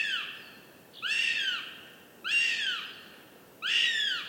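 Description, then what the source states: Northern goshawk chicks calling with down-curving, harmonic begging wails, four loud cries spaced about 1.3 seconds apart. Several chicks at a nest in forest, Central Sweden, 29 June 2018, overnight; chicks fighting and begging for food, calls echoing around the forest.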